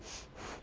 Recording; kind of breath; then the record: one breath in and out by a microphone near the nose and mouth; strong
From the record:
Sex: female